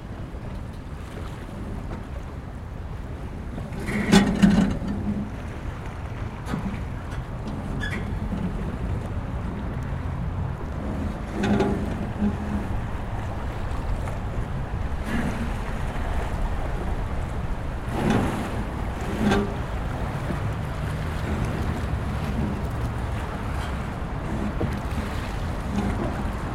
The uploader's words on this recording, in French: Ponton d embarquement. Le ponton flottant se situe près du Pont du Carrousel sur le Quai des Tuileries. Ce lieu calme et apaisant est relié par une passerelle et amarré sur glissière à 2 pieux émergents.....ça grince ça grince......